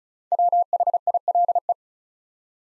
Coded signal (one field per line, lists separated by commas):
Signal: Morse code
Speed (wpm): 36 wpm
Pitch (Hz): 700 Hz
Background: none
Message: WHILE